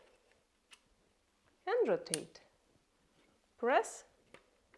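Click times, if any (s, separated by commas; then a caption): none. The release on a metal Zhuk-2 rifle bipod is pressed and the bipod leg is rotated in its bipod body on the rifle, with faint handling ticks and someone talking over it. Nothing has clicked into the locked position yet; the clip ends just before the leg goes home.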